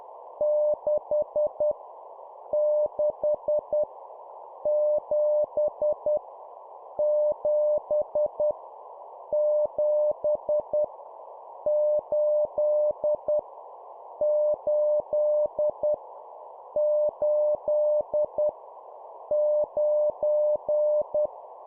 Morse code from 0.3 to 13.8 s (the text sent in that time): 6 6 7 7 7 8